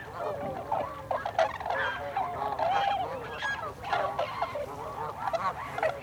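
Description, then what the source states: Tundra swans in a chorus of overlapping honks and yelping hoots, with a few louder calls rising above the crowd in uneven bursts. Recorded 26 December 2020.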